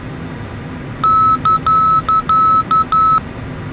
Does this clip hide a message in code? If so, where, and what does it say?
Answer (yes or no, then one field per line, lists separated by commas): no